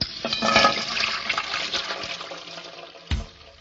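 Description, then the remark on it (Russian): A steady, hissing gush of water from a lever-operated standpipe pump pours into a bucket hung on its spout, loudest early on and gradually easing, with a brief thump near the end. No one speaks. “Нажимаешь на него, тут же струя ударяет в ведро.”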